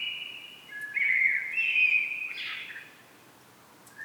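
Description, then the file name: Common blackbird singing a flowing whistled phrase that ends in a brief scratchy flourish, followed by a pause and the start of another phrase. "Turdus merula"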